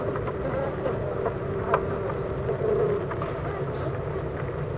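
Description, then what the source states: Honey bees buzzing: a dense, steady low hum from many bees, unbroken throughout, with faint brief clicks and knocks. Hive of honey bees at Clara Vale, Gateshead, UK.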